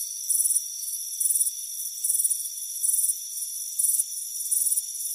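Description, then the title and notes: Crickets chirping in high, pulsed bursts repeating regularly, with a steady shrill trill underneath. Crickets chirping on a warm afternoon on a front porch. "Soothing Crickets Chirping Sound. It's a warm afternoon as you relax in a hammock on the front porch. Relax and fall asleep to the soothing sound of chirping crickets. Deep Sleep Sounds"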